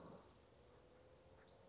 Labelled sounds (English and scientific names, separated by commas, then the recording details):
Western Flycatcher (Empidonax difficilis)
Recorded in Sonoma County, California